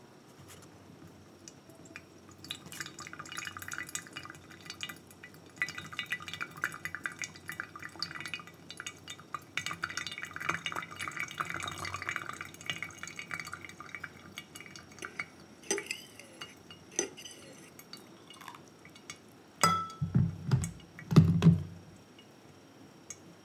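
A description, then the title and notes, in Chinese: Hand-brewing coffee on a rainy day: a dense, crackling trickle of pouring water and rain fills the first fifteen seconds. A few light glassy taps follow around sixteen seconds, then heavier knocks and clatter of kettle or cup near twenty to twenty-two seconds. 雨天陪我手沖吧！小樹莊園（無人聲）。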